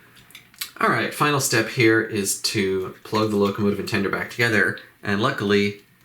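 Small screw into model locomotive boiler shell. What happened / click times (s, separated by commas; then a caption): A small screw is being handled and started; no seating click yet / none. A small screw is being handled at the plastic boiler shell of a Bachmann Spectrum HO 4-6-0 model locomotive, ready to be turned backwards until its thread drops into the existing thread so it does not cross-thread. A few faint ticks sound around 0.3 to 0.6 s, then someone talks for the rest of the clip. Nothing has seated or clicked yet.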